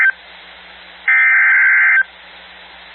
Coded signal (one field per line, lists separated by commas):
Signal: Emergency Alert System (SAME) tones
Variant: header bursts